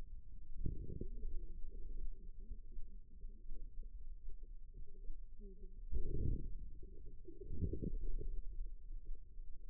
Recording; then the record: forearm muscle sounds (acoustic myography)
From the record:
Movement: wrist flexion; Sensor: system 2, bracelet of six BSWA MPA416 microphones around the upper forearm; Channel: 3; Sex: female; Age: 25 years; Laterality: right